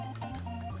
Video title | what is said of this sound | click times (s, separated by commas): [위탁 리뷰] 초합금 혼 드래곤 시저 [드래곤 조드] / soul of chogokin dragon caeser & dragon zord | 아랫부분에 있는 홈에 맞춰서 연결을 딱 | 0.3 s